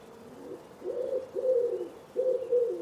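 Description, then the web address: Common Wood Pigeon, a few low, hollow cooing notes in a short rhythmic run. Bird-only recording from a 2025 soundscape bird dataset. "cianscape. Deverinetal"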